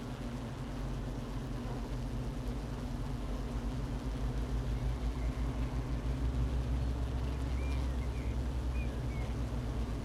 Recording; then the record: honeybee colony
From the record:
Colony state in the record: missing queen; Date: 31 May 2018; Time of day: 12:44